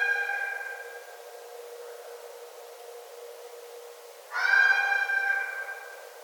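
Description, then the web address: Red fox screaming: the tail of one harsh wail opens, a quiet pause follows, then a loud, hoarse, drawn-out scream about a second long. Recorded 9 December 2011. "Red Fox 2011 12 09"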